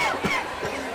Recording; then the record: coughing mixed with background sound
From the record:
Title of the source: Dry Coughing Fit in the Afternoon.